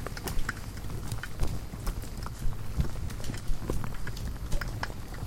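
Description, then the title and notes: Insects hitting a lamp, a dense stream of light ticks over a low continuous hum. Hundreds of insects frantically congregating at night around a lone porch bulb, wildlife ranch in Mmabolela savannah, South Africa, November 2016; mix of six mics including miniature omnis; Zoom F8 recorder. "Hundreds of Bugs. One Lightbulb. a bulb hanging on the porch of a wildlife ranch in South Africa."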